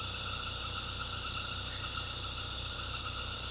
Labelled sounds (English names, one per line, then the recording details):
none
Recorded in pastures near Puerto Asís, Putumayo, Colombia, on 19 February 2024 at 19:00
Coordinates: 0.486, -76.323
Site G6462